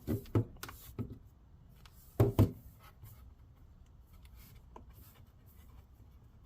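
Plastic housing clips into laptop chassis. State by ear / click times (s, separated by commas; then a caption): seated / 0.4 s, 0.6 s, 2.2 s, 2.4 s. During reassembly of a Dell Inspiron 15 7000 Series 7569 2-in-1 laptop, the plastic housing part is pressed down so its snap clips re-engage along the edge of the laptop chassis. Sharp plastic clicks sound at 0.4, 0.6, 2.2 and 2.4 seconds over a quiet background. The housing clips are fully snapped back in and seated.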